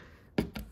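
On a Mercedes C-Class W204, a plastic engine-bay cover or duct piece is pushed back onto its retaining clips while being refitted during serpentine belt replacement. After quiet background noise, a sharp hit lands at 0.4 s, followed by a softer knock at about 0.6 s. The piece is seated and locked into place.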